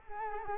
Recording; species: mosquito wingbeat signal from an infrared sensor; Culex quinquefasciatus